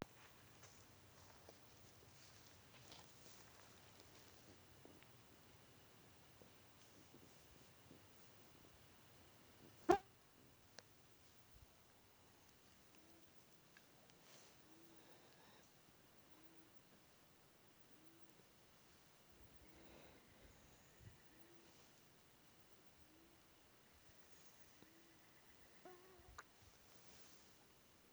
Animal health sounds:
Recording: mosquito flight sound by mobile phone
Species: Aedes sierrensis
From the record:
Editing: field recording with all noises

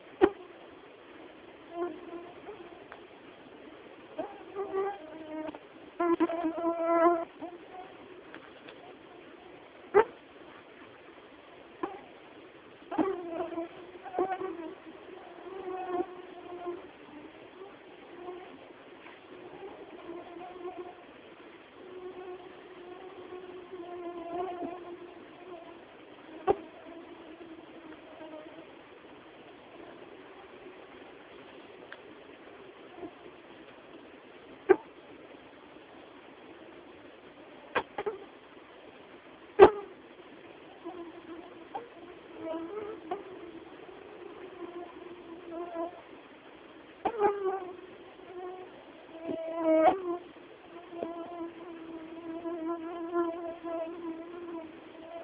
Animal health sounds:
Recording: mosquito flight sound by mobile phone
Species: Anopheles quadrimaculatus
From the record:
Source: Auburn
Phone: Samsung T209

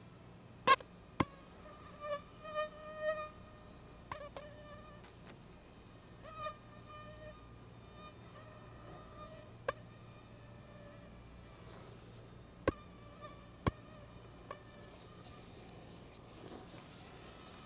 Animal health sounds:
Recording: mosquito flight sound by mobile phone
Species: Aedes albopictus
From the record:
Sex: female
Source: CDC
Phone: Google Nexus

